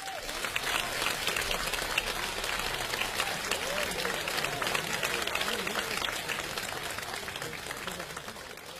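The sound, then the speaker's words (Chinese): Warm, sustained applause from a large audience, a dense, steady wash of many hands clapping at an even loudness for nearly nine seconds, with a faint murmur of voices underneath, at a live xiangsheng show at Fengtai Xiangsheng Hall marking three years since Hou Yaowen's death, welcoming performers Li Jinzhou and Wang Wenlin. “接下来我们用热烈的掌声有请全国著名的相声表演艺术家李金斗、王文林。”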